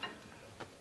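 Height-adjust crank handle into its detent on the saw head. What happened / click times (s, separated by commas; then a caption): The metal handle dropped into its locking notch / 0.0 s. A metal height-adjust crank handle on a Woodland Mills bandsaw sawmill saw head is set into its locking detent while the head is being raised with the crank, so the head holds position. A small, sharp tick sounds at 0.0 s as the handle drops into the detent, followed by a second, softer tick near 0.6 s. The handle is seated in the detent.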